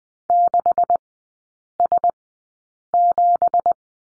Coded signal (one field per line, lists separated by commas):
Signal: Morse code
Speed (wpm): 20 wpm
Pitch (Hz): 700 Hz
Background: none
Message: 6S7